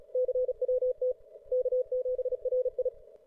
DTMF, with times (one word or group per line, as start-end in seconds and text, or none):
none